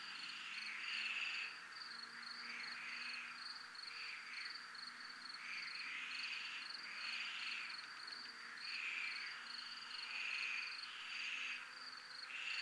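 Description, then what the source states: Crickets trill continuously while clustered buzzy bursts repeat irregularly, forming a busy, layered insect chorus. Recorded in a military zone (zona militar).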